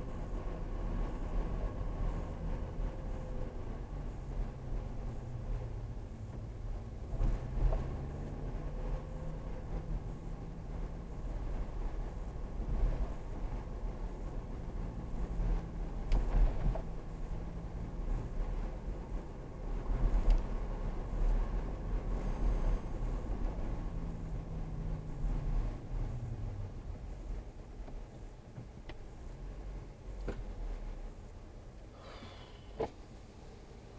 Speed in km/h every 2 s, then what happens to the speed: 31, 24, 24, 32, 35, 35, 35, 34, 39, 40, 39, 32, 18, 0, 2, 0, 0.
0-2 brakes to 24. 4-8 speeds up to 35. 8-14 steady at about 35. 14-19 speeds up to 40. 19-27 brakes to 0. 27-34 standing.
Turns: none.